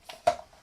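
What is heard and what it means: A spray lance is pushed into the plastic coupling of an Eonon pressure washer trigger gun. A faint tap at 0.1 s comes before a sharp, bright click at 0.3 s, which fades quickly. The lance is seated in the trigger gun.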